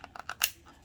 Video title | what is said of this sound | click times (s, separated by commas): revell corvette c7r cancer awareness build part 10 | That little satisfying click that tells you now that your glass is seated right where you want it. | 0.4 s